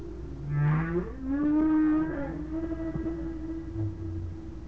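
Whale calls: drawn-out tonal moans with rich harmonics, a low groan sliding into a long steady hum, over a constant low rumble.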